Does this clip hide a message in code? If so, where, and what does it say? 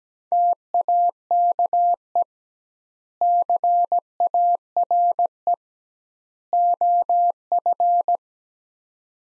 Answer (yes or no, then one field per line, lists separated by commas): yes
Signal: Morse code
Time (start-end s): 0.3-8.2 s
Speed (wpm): 17 wpm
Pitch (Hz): 700 Hz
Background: none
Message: TAKE CARE OF